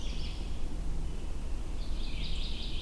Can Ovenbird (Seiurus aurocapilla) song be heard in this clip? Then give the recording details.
no. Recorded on 22 June 2016 at 08:30. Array SBT-6-76